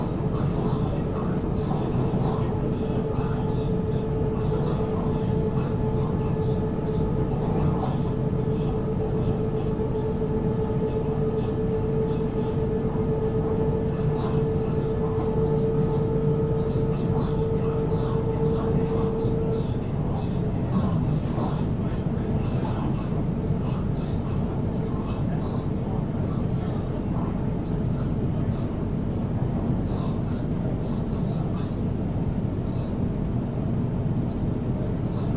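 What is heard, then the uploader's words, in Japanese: A Sydney train rumbles steadily, a sustained whining tone holding for the first twenty seconds before fading, with faint voices mixed underneath. シドニー市内へ向かう電車の音。今回も最新版をPCM録音ステレオでお送りします。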